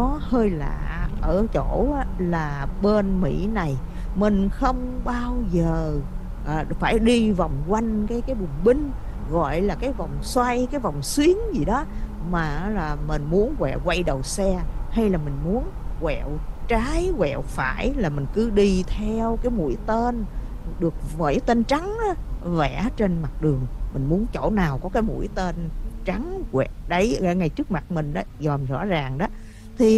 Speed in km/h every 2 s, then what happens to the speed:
55, 55, 53, 52, 55, 53, 53, 53, 48, 44, 42, 39, 31, 16, 3.
0-14 steady at about 53. 14-30 slows to 3.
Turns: none.